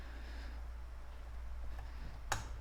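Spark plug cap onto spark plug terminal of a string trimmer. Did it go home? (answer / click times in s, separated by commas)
yes / 2.3 s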